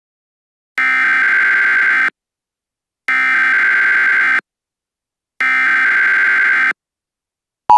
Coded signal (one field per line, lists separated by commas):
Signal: Emergency Alert System (SAME) tones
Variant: header bursts